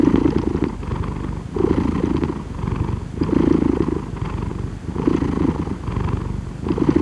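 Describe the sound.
Cat purring steadily, a low rumbling vibration that swells and fades with each breath.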